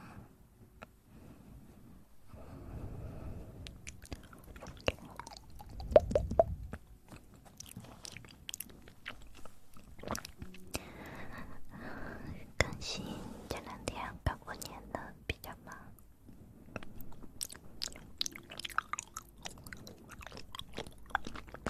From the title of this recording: Mouth Sounds